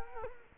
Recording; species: mosquito wingbeat signal from an infrared sensor; Culex quinquefasciatus